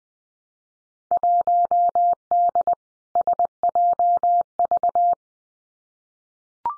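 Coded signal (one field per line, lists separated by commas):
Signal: Morse code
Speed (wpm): 20 wpm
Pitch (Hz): 700 Hz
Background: none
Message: 1D SJV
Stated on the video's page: Simulated Field Day contest exchanges in Morse at 20 wpm for head-copy practice, each sent, spoken, then sent again.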